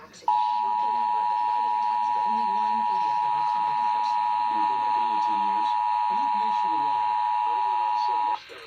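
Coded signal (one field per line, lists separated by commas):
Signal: Emergency Alert System (SAME) tones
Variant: 853 and 960 Hz attention tone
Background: speech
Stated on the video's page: Required Monthly Test relayed by a television station and an FM station on 96.3 MHz.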